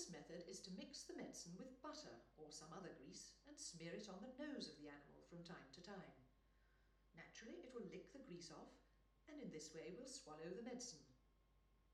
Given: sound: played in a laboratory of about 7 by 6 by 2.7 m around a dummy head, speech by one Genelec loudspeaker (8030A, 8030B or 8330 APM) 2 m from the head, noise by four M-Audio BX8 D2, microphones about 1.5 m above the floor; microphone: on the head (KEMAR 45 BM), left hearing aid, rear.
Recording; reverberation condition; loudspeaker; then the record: female speech in English; medium; 30 degrees to the left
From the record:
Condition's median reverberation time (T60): about 510 ms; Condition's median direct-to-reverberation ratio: about -0.5 dB